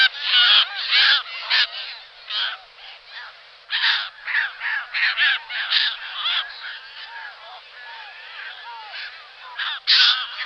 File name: Racek Audouinuv Larus audouinii